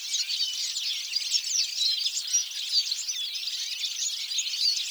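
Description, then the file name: European goldfinch giving high chirps and short whistled notes, a few clearer whistles standing out over constant dense twittering. "Carduelis carduelis"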